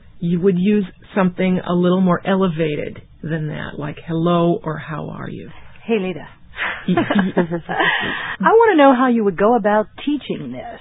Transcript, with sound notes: You would use something a little more elevated than that, like 'hello' or 'how are you?'"
"Hey, Lida. [laughter] I want to know how you would go about teaching this."